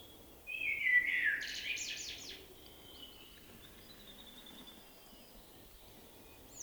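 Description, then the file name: Common blackbird song: one brief descending fluted phrase followed by a burst of high buzzy twitter, then mostly quiet background. "Turdus merula"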